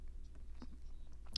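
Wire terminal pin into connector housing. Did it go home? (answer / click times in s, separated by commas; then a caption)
yes / 0.6 s, 1.4 s. A crimped wire pin, reused from the front glove box area, is slid into a connector housing on a BMW E90 LCI during Bluetooth activation. Over a steady low hum, two small clicks are heard at 0.6 s and 1.4 s, the second sharper and louder. The pin is locked in, held by a small metal fin that stops it from being pulled back out.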